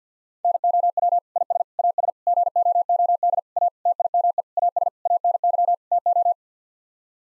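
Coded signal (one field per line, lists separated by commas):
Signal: Morse code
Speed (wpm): 50 wpm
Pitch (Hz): 700 Hz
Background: none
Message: NOW IS AS GOOD A TIME AS ANY TO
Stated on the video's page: Morse code practice at 50 wpm, nine-word groups for head-copying.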